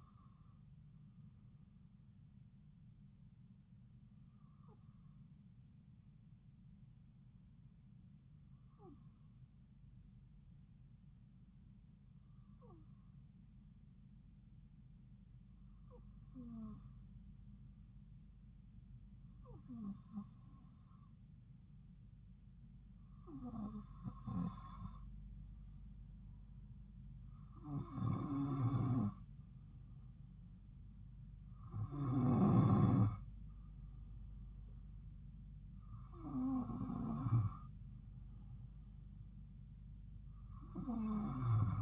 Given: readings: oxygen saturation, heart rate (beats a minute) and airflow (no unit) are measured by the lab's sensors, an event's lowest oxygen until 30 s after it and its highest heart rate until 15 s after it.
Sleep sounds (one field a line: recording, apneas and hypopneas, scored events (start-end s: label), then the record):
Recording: breathing in sleep by a smartphone at the bedside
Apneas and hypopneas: 1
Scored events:
5.00-29.40 s: hypopnea (N1, oxygen 96% highest, then 92% lowest)
14.00-41.82 s: new sleep stage, N2 (light sleep)
From the record:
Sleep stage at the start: N1 (lightest sleep)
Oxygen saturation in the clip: 92 to 96%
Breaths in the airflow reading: 10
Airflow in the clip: -3.2 to 3.2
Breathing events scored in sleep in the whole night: 270 in 6.1 hours asleep